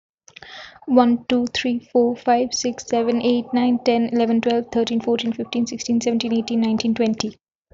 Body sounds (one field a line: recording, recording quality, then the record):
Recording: counting at a fast pace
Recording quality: excellent, no background noise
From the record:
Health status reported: healthy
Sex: female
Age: 31 years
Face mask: not worn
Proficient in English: yes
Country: India